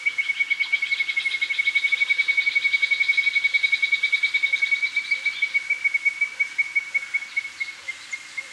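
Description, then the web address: Tyrannine woodcreeper song: a long, steady, rapid trill of even notes that slows slightly and fades over about eight seconds against a faint hiss. Ecuador. "Birds of Ecuador Tyrannine Woodcreeper"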